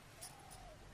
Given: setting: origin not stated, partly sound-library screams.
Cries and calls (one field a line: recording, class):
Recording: one-second piece from a danger detection set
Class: normal situation